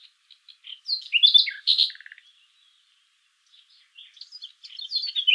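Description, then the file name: Common nightingale: songbird phrases with soft clicks, a loud burst of slurred whistles and a short buzzy run, then quiet before softer warbling resumes. "Luscinia megarhynchos"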